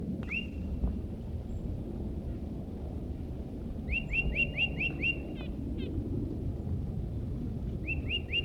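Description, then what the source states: Tufted Titmouse: bright whistled notes, a single note then a quick run of several, and a closing burst of three, over steady low rumble. Tufted titmouse vocalizing nearby in woods.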